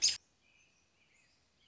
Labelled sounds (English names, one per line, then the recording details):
American Robin
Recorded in Sonoma County, California